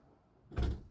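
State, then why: Not seated. A window stay latch on a Sunlight T69L motorhome window is handled as the window is pushed further out and let come back. After about half a second of near silence, a broad rushing, scraping sound swells from about 0.5 s, peaks around 0.6 s and fades, with a sharp rise at the very end. The stay has not clicked into place yet.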